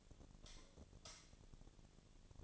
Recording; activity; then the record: daily activity, microphone in the room; light off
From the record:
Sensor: 4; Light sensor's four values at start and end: 38/111/44/45 and 38/110/44/45